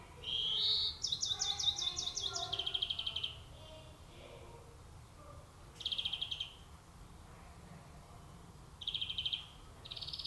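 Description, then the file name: European greenfinch calling with rapid buzzy trills and a rising note, followed by further short trilled bursts; some lower-pitched sounds overlap early on. "Chloris chloris"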